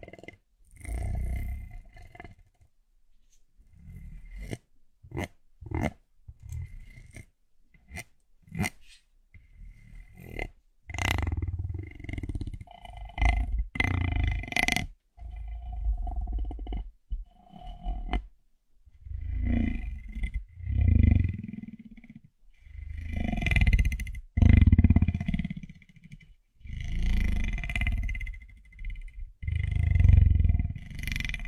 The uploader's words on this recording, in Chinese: 按摩耳朵，一些让人放松的声音。